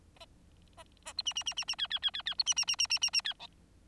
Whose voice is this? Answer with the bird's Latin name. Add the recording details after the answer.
Lonchura striata domestica. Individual Bird4